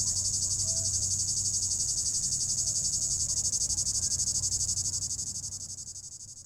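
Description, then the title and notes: Cicada song, a piercing high buzz throbbing in rapid regular pulses, fading away at the end. Cicada in an apple tree at the top of the Côte de Groisin, Chindrieux, France, at 32°; Zoom H4n Pro, preamp level 100. "3029 Rte d'Aix, 73310 Chindrieux, France - cigale. Cigale dans un pommier au sommet de la côte de groisin, il fait 32°"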